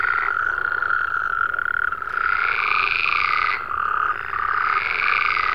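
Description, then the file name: Massed frog croaks forming a constant drone, broken by two brief dips before brighter calls return. "Digiffects Sound Effects Library - Frogs"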